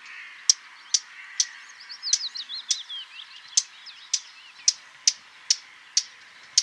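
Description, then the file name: Eurasian blackcap giving hard, clicking tac calls in a quick series, with faint warbling behind them. "Sylvia atricapilla"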